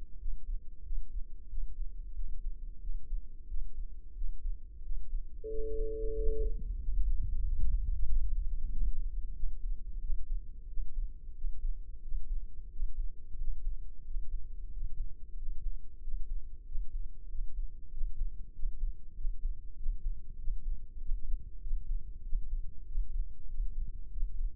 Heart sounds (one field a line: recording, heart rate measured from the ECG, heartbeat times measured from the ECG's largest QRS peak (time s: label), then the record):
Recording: heart sounds by microphone in the left ear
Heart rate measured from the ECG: 93 bpm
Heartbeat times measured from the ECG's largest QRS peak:
0.21 s: heartbeat
0.86 s: heartbeat
1.51 s: heartbeat
2.17 s: heartbeat
2.83 s: heartbeat
3.50 s: heartbeat
4.17 s: heartbeat
4.85 s: heartbeat
5.51 s: heartbeat
6.17 s: heartbeat
6.82 s: heartbeat
7.45 s: heartbeat
8.08 s: heartbeat
8.70 s: heartbeat
9.36 s: heartbeat
10.03 s: heartbeat
10.70 s: heartbeat
11.36 s: heartbeat
12.04 s: heartbeat
12.72 s: heartbeat
13.39 s: heartbeat
14.06 s: heartbeat
14.72 s: heartbeat
15.38 s: heartbeat
16.03 s: heartbeat
16.67 s: heartbeat
17.30 s: heartbeat
17.93 s: heartbeat
18.55 s: heartbeat
19.17 s: heartbeat
19.78 s: heartbeat
20.40 s: heartbeat
21.01 s: heartbeat
21.63 s: heartbeat
22.25 s: heartbeat
22.88 s: heartbeat
23.50 s: heartbeat
24.13 s: heartbeat
From the record:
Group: healthy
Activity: rest 0-6 s, breath hold 6-25 s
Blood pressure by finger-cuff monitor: 131/71 mmHg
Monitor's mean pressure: 87 mmHg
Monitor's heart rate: 91 bpm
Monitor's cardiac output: 7.8 L/min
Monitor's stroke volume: 86 mL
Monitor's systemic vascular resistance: 820 dyn s/cm5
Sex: male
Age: 21 years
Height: 175 cm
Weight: 72.6 kg